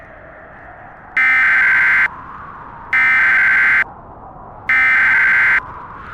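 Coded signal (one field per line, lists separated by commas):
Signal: Emergency Alert System (SAME) tones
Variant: header bursts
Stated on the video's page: Fictional EAS scenario about an extreme winter; simulated alert.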